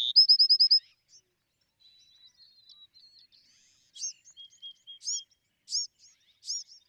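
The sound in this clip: Bewick's wren ending a song with a buzz and rapid trill, then a pause and a series of sharp arched chip notes with short flat whistles.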